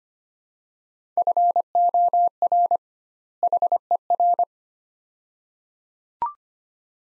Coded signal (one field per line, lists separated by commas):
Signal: Morse code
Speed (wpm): 25 wpm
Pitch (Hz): 700 Hz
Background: none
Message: FOR HER